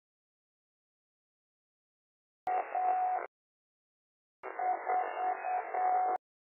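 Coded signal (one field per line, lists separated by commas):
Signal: Morse code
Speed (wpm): 8 wpm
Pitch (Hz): 740 Hz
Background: none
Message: A 4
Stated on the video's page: Morse heard on a local repeater, apparently its ident.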